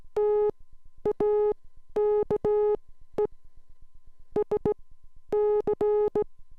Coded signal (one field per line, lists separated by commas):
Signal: Morse code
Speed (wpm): 16 wpm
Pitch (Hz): 420 Hz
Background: none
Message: TAKE SC